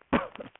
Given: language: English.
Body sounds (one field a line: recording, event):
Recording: throat vibration sensor signal played as sound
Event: cough